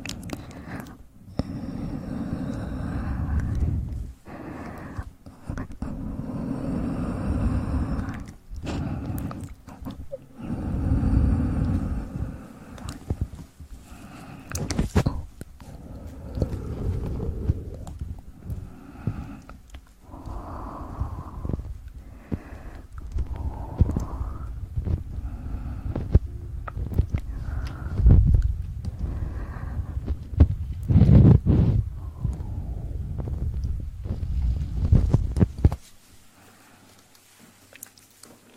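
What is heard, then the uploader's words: Sugar being eaten and aloe vera gel worked in an ear massage: a dense, uneven run of crunchy, sticky, squelching sounds with brief pauses between bursts. The rustling comes in irregular waves, heavier in the first half, then stops around 36 seconds, leaving a faint low hum. Eating sugar, aloe vera gel ear massage.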